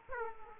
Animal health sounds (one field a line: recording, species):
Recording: mosquito wingbeat signal from an infrared sensor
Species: Aedes aegypti